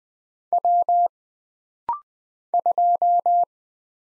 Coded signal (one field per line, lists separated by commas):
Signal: Morse code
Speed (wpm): 20 wpm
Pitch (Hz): 700 Hz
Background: none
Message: W 2